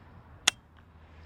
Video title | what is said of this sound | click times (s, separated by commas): HJC RPHA 91 Carbon - Honest Review & Ride to Puhoi Pub 🍻 | that unlocks it, and that makes it movable again. | 0.5 s